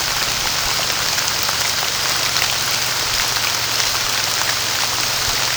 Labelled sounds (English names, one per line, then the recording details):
none
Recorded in pastures near Puerto Asís, Putumayo, Colombia, on 30 June 2025 at 15:30
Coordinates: 0.497, -76.327
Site G040